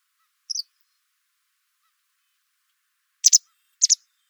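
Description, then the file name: White wagtail calling with high, sharp paired chips, one early double note and then two clear disyllabic calls close together near the end. "Motacilla alba"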